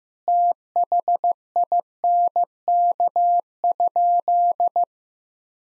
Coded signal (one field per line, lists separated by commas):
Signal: Morse code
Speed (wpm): 15 wpm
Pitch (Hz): 700 Hz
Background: none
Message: THINK?